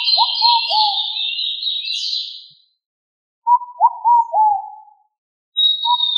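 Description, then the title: Pigeon calls: short whistled hooked notes near one pitch in three phrases, the last cut short, with a loud steady hissing buzz above during the first and last. "Familia Columbidae Pomba"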